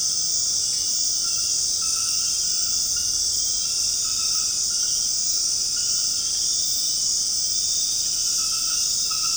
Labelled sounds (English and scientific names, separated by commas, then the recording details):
none
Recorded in secondary vegetation near Puerto Asís, Putumayo, Colombia, on 13 March 2025 at 20:30
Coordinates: 0.502, -76.326
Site G100